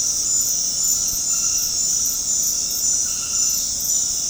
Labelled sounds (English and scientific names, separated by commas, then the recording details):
none
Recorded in dense forest near Puerto Asís, Putumayo, Colombia, on 21 February 2024 at 23:00
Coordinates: 0.485, -76.318
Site G6408